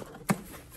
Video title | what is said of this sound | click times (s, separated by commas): Mini Haul - Packages have been delayed so were doing a HUDA Beauty Haul #minihaul #hudabeauty | didn't even open it all the way you heard it pop | 0.3 s